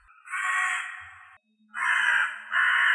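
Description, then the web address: Hooded crow cawing: harsh, hoarse, drawn-out caws, two long ones separated by a short pause, with a third beginning at the end. "Corvus corone cornix"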